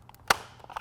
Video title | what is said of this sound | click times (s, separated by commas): How To: Epic Custom Sci-Fi NERF Mod with LIGHTS! | satisfying click hey | 0.3 s